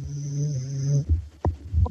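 A steady, low, droning tone lasts about a second, followed by a few soft low thumps and a faint click. It is a sleeping dog snoring on a couch, lying right beside the microphone. A faint high whine runs through the first part.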